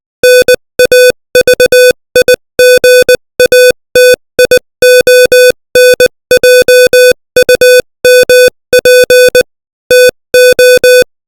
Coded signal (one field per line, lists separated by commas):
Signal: Morse code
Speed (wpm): 20 wpm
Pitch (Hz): 500 Hz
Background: music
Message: NAVIGATIONJUMP TO